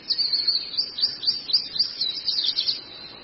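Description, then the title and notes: Long-tailed shrike singing a continuous stream of high, bright chirps and squeaky notes, about four a second, over a faint steady hiss. Training recording (masteran) of the long-tailed shrike for teaching songbirds. "Cendet 04. Masteran Burung Cendet"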